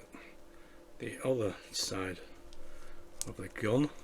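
A plastic gun half shell is handled over the top of a scale-model machine gun, with small handling noises while someone talks. The part has not popped into place yet, and nothing has seated or clicked so far.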